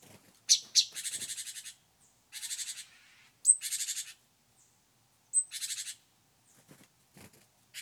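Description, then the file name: Great tit calls, dry, buzzy churring rattles, some opening with a thin high note, given several times in quick, uneven succession with short pauses. "Parus major"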